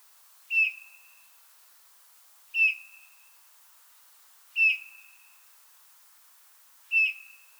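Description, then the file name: Eurasian bullfinch giving soft, plaintive piping whistles, each a short falling note with a trailing tail, repeated about every two seconds, four calls in all. "Pyrrhula pyrrhula"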